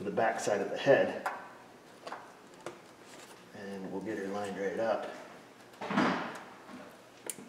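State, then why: Seated. A wiring harness connector on a Subaru Outback is lined up and pushed onto the ignition coil pack at the back of the cylinder head while someone talks. After a few faint knocks, a sharp click at 7.3 s marks the connector seating on the coil pack.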